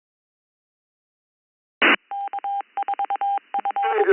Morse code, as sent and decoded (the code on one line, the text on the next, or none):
-.- ....- ..-.
K4F